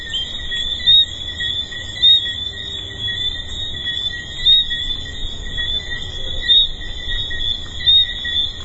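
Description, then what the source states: Tree frogs produce a constant shrill chorus with irregular louder whistled notes every second or two, and a low rumbling background. Recorded at the Hedonism II resort.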